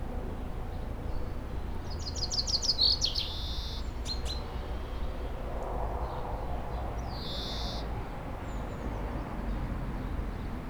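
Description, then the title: Common chaffinch song, one quick descending rattle with a flourish, followed by a few clicks and a single short call note later, over low rumble. Singing in a tree while preening, in Aix-les-Bains, France. "30 Rue Eugène Fert, 73100 Aix-les-Bains, France - Pinson des arbres"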